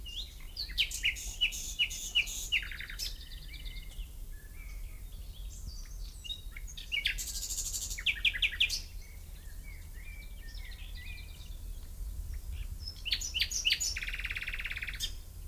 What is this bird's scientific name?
Luscinia megarhynchos